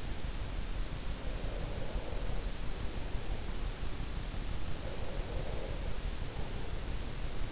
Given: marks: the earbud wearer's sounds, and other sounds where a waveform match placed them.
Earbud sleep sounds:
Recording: sounds in sleep by an in-ear microphone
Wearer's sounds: breath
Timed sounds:
1.43-3.87 s: breath
4.62-7.34 s: breath

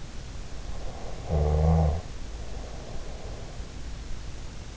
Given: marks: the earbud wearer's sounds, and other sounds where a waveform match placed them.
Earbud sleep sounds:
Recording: sounds in sleep by an in-ear microphone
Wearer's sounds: snoring breath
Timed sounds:
0.87-3.62 s: snoring breath

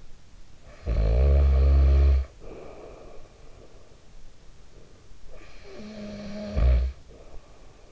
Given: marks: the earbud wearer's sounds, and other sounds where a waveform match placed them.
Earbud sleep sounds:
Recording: sounds in sleep by an in-ear microphone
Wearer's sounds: snoring breath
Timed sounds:
0.14-3.52 s: snoring breath
4.66-7.91 s: snoring breath

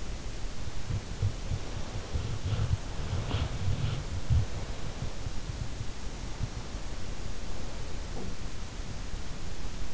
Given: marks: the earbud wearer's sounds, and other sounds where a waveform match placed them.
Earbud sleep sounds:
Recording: sounds in sleep by an in-ear microphone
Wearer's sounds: body movement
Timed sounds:
0.00-6.29 s: body movement

